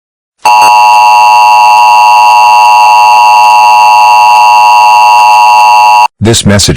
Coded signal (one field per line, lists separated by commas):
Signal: Emergency Alert System (SAME) tones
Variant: 853 and 960 Hz attention tone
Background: speech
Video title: EAS Scenario: Operation Roseville Mall